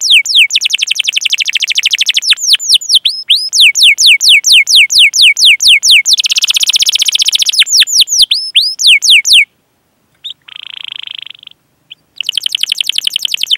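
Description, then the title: Domestic canary song with long rapid trills and bursts of down-slurred whistles, a silent gap near ten seconds broken by a short buzzy roll, then trilling again. Canary singing actively with elaborate song phrasing. "Kenari Gacor Cengkok Terbaik Isian Paling Mewah"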